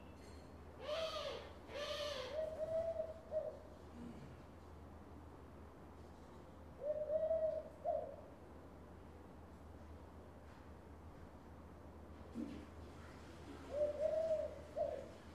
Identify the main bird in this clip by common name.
Eurasian Collared Dove